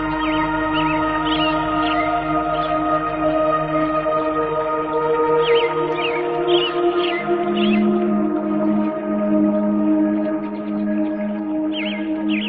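Birds chirp in short, bright bursts that recur every second or two over the whole clip. Beneath them runs a steady, layered ringing drone, like bowls or a gong, with a low tone that swells from about eight seconds on. Overall loudness stays even.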